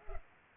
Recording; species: mosquito wingbeat signal from an infrared sensor; Culex pipiens